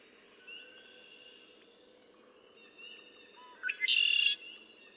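Red-winged blackbird song near the end: brief lead-in notes, then a loud buzzy rattling trill lasting under a second, over faint background bird calls.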